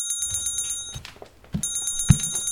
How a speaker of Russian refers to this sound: Однажды вечером в доме Беннета зазвонил телефон.